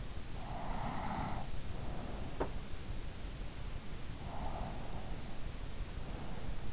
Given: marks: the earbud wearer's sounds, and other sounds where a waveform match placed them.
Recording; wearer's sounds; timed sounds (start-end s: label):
sounds in sleep by an in-ear microphone; breath
0.10-2.19 s: breath
4.23-6.19 s: breath